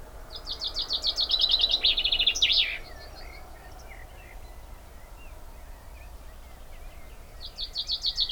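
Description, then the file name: Common chaffinch song, a rapid cascade of bright notes ending in a downward flourish, over a low steady hum, with faint chirps before another song begins. "Fringilla coelebs"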